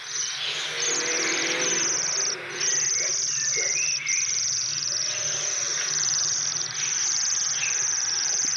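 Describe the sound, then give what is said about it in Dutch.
Bohemian waxwings give their bell-like trilling call: a high, thin, shimmering trill that runs almost without pause, with overlapping calls that suggest several birds. No one speaks. “Laten we heel even luisteren naar het belletje van de pestvogel.”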